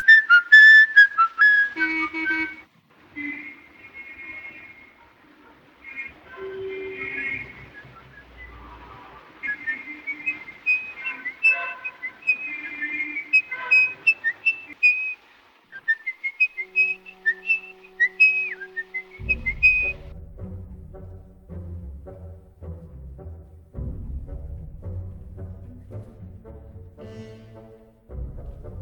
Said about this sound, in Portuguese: Elsie Beckmann, uma menina, sai da escola e é abordada por Hans Beckert, que está a assobiar uma melodia no Salão do Rei da Montanha, da suite Peer Gynt, composta por Edvard Grieg.